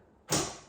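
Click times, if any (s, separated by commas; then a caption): 0.3 s. The adjustable arm of a home fitness machine is worked after a shelf accessory has been fitted, and its locking mechanism gives one sharp, bright click at 0.3 s that rings out and fades over the rest of the clip. The arm lock clicks into place and is seated.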